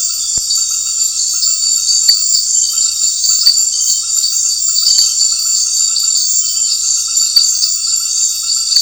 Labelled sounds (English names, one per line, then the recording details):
none
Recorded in secondary vegetation near Puerto Asís, Putumayo, Colombia, on 9 March 2025 at 19:00
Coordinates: 0.499, -76.323
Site G094